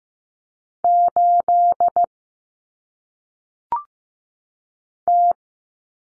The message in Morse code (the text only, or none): 8 T